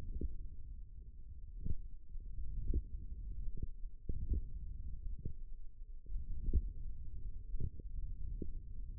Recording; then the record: forearm muscle sounds (acoustic myography)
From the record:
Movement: hook grip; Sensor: system 1, eight BSWA MPA416 microphones around the upper forearm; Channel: 2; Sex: male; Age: 18 years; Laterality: right